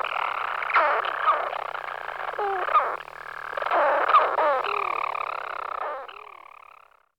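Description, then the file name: European storm petrel churring in a long, continuous, rough purr, broken every couple of seconds by short hiccup-like breaks, fading out at the end. "Burnacek maly Hydrobates pelagicus"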